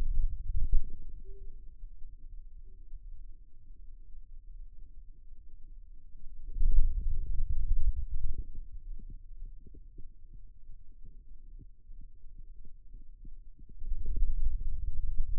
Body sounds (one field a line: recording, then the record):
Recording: forearm muscle sounds (acoustic myography)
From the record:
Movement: ulnar deviation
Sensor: system 2, bracelet of six BSWA MPA416 microphones around the upper forearm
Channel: 4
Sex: male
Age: 22 years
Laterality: right